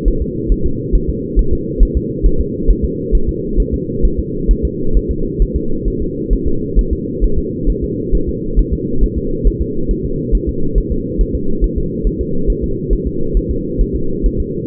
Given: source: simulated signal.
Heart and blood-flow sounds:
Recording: fetal heart sounds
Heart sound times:
0.08 s: S1
0.22 s: S2
0.52 s: S1
0.66 s: S2
0.95 s: S1
1.09 s: S2
1.39 s: S1
1.53 s: S2
1.83 s: S1
1.97 s: S2
2.26 s: S1
2.41 s: S2
2.70 s: S1
2.85 s: S2
3.15 s: S1
3.29 s: S2
3.60 s: S1
3.74 s: S2
4.05 s: S1
4.19 s: S2
4.51 s: S1
4.65 s: S2
4.97 s: S1
5.11 s: S2
5.42 s: S1
5.56 s: S2
5.88 s: S1
6.02 s: S2
6.33 s: S1
6.47 s: S2
6.79 s: S1
6.93 s: S2
7.24 s: S1
7.38 s: S2
7.70 s: S1
7.84 s: S2
8.15 s: S1
8.29 s: S2
8.59 s: S1
8.73 s: S2
9.03 s: S1
9.18 s: S2
9.47 s: S1
9.62 s: S2
9.91 s: S1
10.05 s: S2
10.35 s: S1
10.49 s: S2
10.78 s: S1
10.92 s: S2
11.21 s: S1
11.35 s: S2
11.64 s: S1
11.78 s: S2
12.07 s: S1
12.21 s: S2
12.50 s: S1
12.64 s: S2
12.93 s: S1
13.07 s: S2
13.37 s: S1
13.51 s: S2
13.81 s: S1
13.95 s: S2
14.26 s: S1
14.40 s: S2
From the record:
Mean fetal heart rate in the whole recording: 135 bpm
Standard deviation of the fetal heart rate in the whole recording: 3 bpm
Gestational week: 36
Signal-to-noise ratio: -8.1 dB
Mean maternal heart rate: 72 bpm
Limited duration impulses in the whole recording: absent

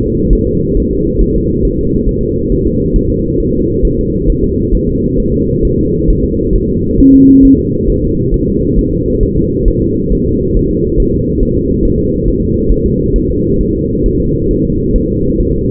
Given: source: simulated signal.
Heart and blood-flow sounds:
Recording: fetal heart sounds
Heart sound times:
0.02 s: S2
0.33 s: S1
0.47 s: S2
0.77 s: S1
0.91 s: S2
1.21 s: S1
1.35 s: S2
1.65 s: S1
1.79 s: S2
2.09 s: S1
2.23 s: S2
2.52 s: S1
2.66 s: S2
2.96 s: S1
3.10 s: S2
3.40 s: S1
3.54 s: S2
3.85 s: S1
3.99 s: S2
4.30 s: S1
4.44 s: S2
4.75 s: S1
4.89 s: S2
5.20 s: S1
5.34 s: S2
5.65 s: S1
5.79 s: S2
6.10 s: S1
6.24 s: S2
6.56 s: S1
6.70 s: S2
7.00 s: S1
7.15 s: S2
7.45 s: S1
7.59 s: S2
7.90 s: S1
8.04 s: S2
8.34 s: S1
8.48 s: S2
8.79 s: S1
8.93 s: S2
9.23 s: S1
9.37 s: S2
9.68 s: S1
9.82 s: S2
10.13 s: S1
10.27 s: S2
10.57 s: S1
10.71 s: S2
11.00 s: S1
11.14 s: S2
11.43 s: S1
11.57 s: S2
11.85 s: S1
11.99 s: S2
12.28 s: S1
12.42 s: S2
12.72 s: S1
12.86 s: S2
13.16 s: S1
13.30 s: S2
13.61 s: S1
13.75 s: S2
14.06 s: S1
14.20 s: S2
14.51 s: S1
14.65 s: S2
14.96 s: S1
15.10 s: S2
15.40 s: S1
15.54 s: S2
From the record:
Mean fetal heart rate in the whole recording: 135 bpm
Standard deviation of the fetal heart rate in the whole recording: 3 bpm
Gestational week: 36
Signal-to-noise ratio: -10.2 dB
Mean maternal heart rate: 72 bpm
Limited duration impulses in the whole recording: present

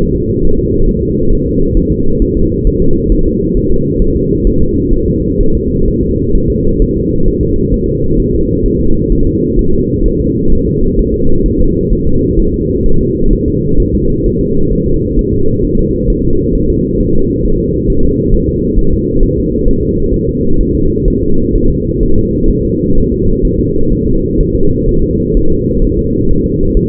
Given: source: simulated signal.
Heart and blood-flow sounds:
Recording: fetal heart sounds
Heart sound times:
0.00 s: S1
0.15 s: S2
0.45 s: S1
0.59 s: S2
0.89 s: S1
1.03 s: S2
1.33 s: S1
1.47 s: S2
1.77 s: S1
1.92 s: S2
2.22 s: S1
2.37 s: S2
2.67 s: S1
2.82 s: S2
3.12 s: S1
3.27 s: S2
3.57 s: S1
3.72 s: S2
4.02 s: S1
4.17 s: S2
4.47 s: S1
4.62 s: S2
4.94 s: S1
5.08 s: S2
5.41 s: S1
5.55 s: S2
5.88 s: S1
6.03 s: S2
6.35 s: S1
6.50 s: S2
6.82 s: S1
6.97 s: S2
7.28 s: S1
7.43 s: S2
7.74 s: S1
7.89 s: S2
8.20 s: S1
8.34 s: S2
8.66 s: S1
8.81 s: S2
9.12 s: S1
9.27 s: S2
9.59 s: S1
9.74 s: S2
10.06 s: S1
10.20 s: S2
10.53 s: S1
10.67 s: S2
10.99 s: S1
11.14 s: S2
11.46 s: S1
11.61 s: S2
11.93 s: S1
12.07 s: S2
12.40 s: S1
12.54 s: S2
12.86 s: S1
13.01 s: S2
13.33 s: S1
13.48 s: S2
13.80 s: S1
13.95 s: S2
14.26 s: S1
14.41 s: S2
14.73 s: S1
14.87 s: S2
15.19 s: S1
15.34 s: S2
15.65 s: S1
15.79 s: S2
16.10 s: S1
16.25 s: S2
16.55 s: S1
16.70 s: S2
17.00 s: S1
17.15 s: S2
17.45 s: S1
17.60 s: S2
17.90 s: S1
18.05 s: S2
18.34 s: S1
18.49 s: S2
18.79 s: S1
18.93 s: S2
19.23 s: S1
19.38 s: S2
19.68 s: S1
19.83 s: S2
20.14 s: S1
20.29 s: S2
20.61 s: S1
20.75 s: S2
21.08 s: S1
21.23 s: S2
21.56 s: S1
21.70 s: S2
22.03 s: S1
22.18 s: S2
22.50 s: S1
22.65 s: S2
22.98 s: S1
23.12 s: S2
23.45 s: S1
23.59 s: S2
23.93 s: S1
24.07 s: S2
24.41 s: S1
24.55 s: S2
24.89 s: S1
25.03 s: S2
25.37 s: S1
25.52 s: S2
25.84 s: S1
25.99 s: S2
26.31 s: S1
26.46 s: S2
26.77 s: S1
From the record:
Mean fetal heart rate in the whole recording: 130 bpm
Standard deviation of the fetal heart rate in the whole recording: 4 bpm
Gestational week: 38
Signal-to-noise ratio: -17.7 dB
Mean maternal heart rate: 72 bpm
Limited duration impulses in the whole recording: present

